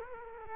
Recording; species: mosquito wingbeat signal from an infrared sensor; Culex quinquefasciatus